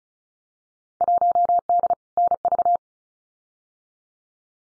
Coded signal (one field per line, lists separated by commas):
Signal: Morse code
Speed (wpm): 36 wpm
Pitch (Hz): 700 Hz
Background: none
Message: 1D NV